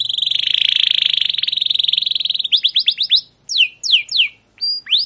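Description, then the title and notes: Canary song: a long rapid buzzy trill near one pitch, then a series of quick rising-falling chirps and short whistled notes with brief pauses. Captive canary; long continuous chirping song used as a tutor recording for training young canaries to learn their song. "CUIT CUIT NGEROL LANGSUNG GACOR PANJANG Kenari Ini AMPUH Utk Pancingan KENAR. PANCINGAN Kenari GACOR PANJANG Cuit CUIT EMOSI ini AMPUH utk MASTERAN Kenari PAUD belajar BUNYI. burung kenari"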